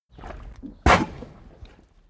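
Cow giving a single sharp, explosive cough, with softer sounds before and after.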